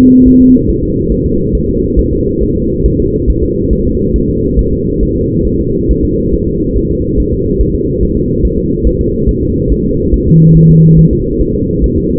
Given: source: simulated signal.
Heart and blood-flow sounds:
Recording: fetal heart sounds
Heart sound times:
0.28 s: S1
0.41 s: S2
0.70 s: S1
0.83 s: S2
1.12 s: S1
1.26 s: S2
1.55 s: S1
1.69 s: S2
1.99 s: S1
2.13 s: S2
2.43 s: S1
2.56 s: S2
2.86 s: S1
3.00 s: S2
3.30 s: S1
3.44 s: S2
3.73 s: S1
3.87 s: S2
4.16 s: S1
4.30 s: S2
4.59 s: S1
4.73 s: S2
5.03 s: S1
5.17 s: S2
5.47 s: S1
5.61 s: S2
5.91 s: S1
6.05 s: S2
6.34 s: S1
6.48 s: S2
6.77 s: S1
6.91 s: S2
7.20 s: S1
7.34 s: S2
7.61 s: S1
7.75 s: S2
8.03 s: S1
8.17 s: S2
8.45 s: S1
8.59 s: S2
8.87 s: S1
9.01 s: S2
9.29 s: S1
9.43 s: S2
9.72 s: S1
9.86 s: S2
10.14 s: S1
10.28 s: S2
10.57 s: S1
10.70 s: S2
10.99 s: S1
11.13 s: S2
11.41 s: S1
11.55 s: S2
11.84 s: S1
11.98 s: S2
From the record:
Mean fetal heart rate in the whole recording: 140 bpm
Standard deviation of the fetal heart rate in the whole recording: 2 bpm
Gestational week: 34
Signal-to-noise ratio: -10.2 dB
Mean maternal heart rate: 72 bpm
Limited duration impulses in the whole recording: present

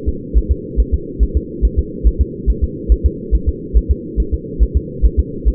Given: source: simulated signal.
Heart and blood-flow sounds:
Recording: fetal heart sounds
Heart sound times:
0.09 s: S2
0.38 s: S1
0.52 s: S2
0.80 s: S1
0.94 s: S2
1.23 s: S1
1.37 s: S2
1.65 s: S1
1.79 s: S2
2.07 s: S1
2.21 s: S2
2.50 s: S1
2.64 s: S2
2.92 s: S1
3.06 s: S2
3.35 s: S1
3.49 s: S2
3.77 s: S1
3.91 s: S2
4.20 s: S1
4.34 s: S2
4.63 s: S1
4.77 s: S2
5.06 s: S1
5.20 s: S2
5.48 s: S1
From the record:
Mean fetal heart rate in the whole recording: 140 bpm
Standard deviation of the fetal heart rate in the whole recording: 2 bpm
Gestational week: 34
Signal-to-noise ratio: -4.3 dB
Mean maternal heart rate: 72 bpm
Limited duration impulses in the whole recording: absent

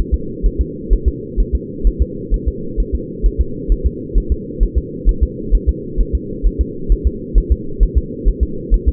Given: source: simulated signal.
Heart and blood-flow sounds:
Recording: fetal heart sounds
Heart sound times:
0.14 s: S2
0.46 s: S1
0.61 s: S2
0.93 s: S1
1.08 s: S2
1.40 s: S1
1.55 s: S2
1.87 s: S1
2.02 s: S2
2.34 s: S1
2.48 s: S2
2.80 s: S1
2.95 s: S2
3.26 s: S1
3.41 s: S2
3.72 s: S1
3.86 s: S2
4.18 s: S1
4.32 s: S2
4.63 s: S1
4.78 s: S2
5.09 s: S1
5.23 s: S2
5.55 s: S1
5.69 s: S2
6.01 s: S1
6.15 s: S2
6.47 s: S1
6.61 s: S2
6.92 s: S1
7.07 s: S2
7.38 s: S1
7.52 s: S2
7.83 s: S1
7.98 s: S2
8.28 s: S1
8.43 s: S2
8.74 s: S1
8.88 s: S2
From the record:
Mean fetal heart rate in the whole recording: 130 bpm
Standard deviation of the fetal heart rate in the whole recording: 2 bpm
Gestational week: 36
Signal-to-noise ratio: -4.3 dB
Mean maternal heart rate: 72 bpm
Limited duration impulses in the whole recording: absent

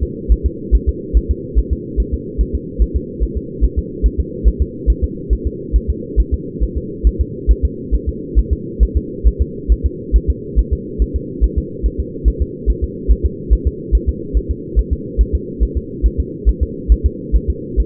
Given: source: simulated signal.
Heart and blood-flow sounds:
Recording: fetal heart sounds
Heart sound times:
0.03 s: S2
0.32 s: S1
0.46 s: S2
0.75 s: S1
0.89 s: S2
1.17 s: S1
1.31 s: S2
1.59 s: S1
1.73 s: S2
2.00 s: S1
2.14 s: S2
2.41 s: S1
2.55 s: S2
2.82 s: S1
2.96 s: S2
3.23 s: S1
3.37 s: S2
3.65 s: S1
3.78 s: S2
4.06 s: S1
4.20 s: S2
4.48 s: S1
4.62 s: S2
4.90 s: S1
5.04 s: S2
5.33 s: S1
5.47 s: S2
5.76 s: S1
5.90 s: S2
6.20 s: S1
6.34 s: S2
6.63 s: S1
6.78 s: S2
7.07 s: S1
7.21 s: S2
7.51 s: S1
7.65 s: S2
7.95 s: S1
8.09 s: S2
8.39 s: S1
8.53 s: S2
8.83 s: S1
8.97 s: S2
9.28 s: S1
9.41 s: S2
9.72 s: S1
9.86 s: S2
10.16 s: S1
10.30 s: S2
10.59 s: S1
10.73 s: S2
11.02 s: S1
11.16 s: S2
11.44 s: S1
11.58 s: S2
11.86 s: S1
12.00 s: S2
12.28 s: S1
12.42 s: S2
12.70 s: S1
12.84 s: S2
13.12 s: S1
13.25 s: S2
13.53 s: S1
13.67 s: S2
13.95 s: S1
14.09 s: S2
14.37 s: S1
14.51 s: S2
14.79 s: S1
14.93 s: S2
15.21 s: S1
15.35 s: S2
15.63 s: S1
15.77 s: S2
16.06 s: S1
16.20 s: S2
16.49 s: S1
16.63 s: S2
16.92 s: S1
17.06 s: S2
17.36 s: S1
17.50 s: S2
17.80 s: S1
From the record:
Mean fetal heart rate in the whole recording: 140 bpm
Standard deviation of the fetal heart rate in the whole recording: 2 bpm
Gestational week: 34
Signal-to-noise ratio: -4.1 dB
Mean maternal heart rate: no maternal heart sound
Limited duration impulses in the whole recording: absent

